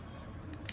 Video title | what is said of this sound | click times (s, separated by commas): 🎥 Best Camera Settings to Shoot the Perfect Vlog 📸 | just need to press and एक टक करके आवाज आएगा। | 0.7 s